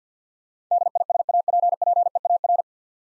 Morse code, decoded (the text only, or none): DISAPPEAR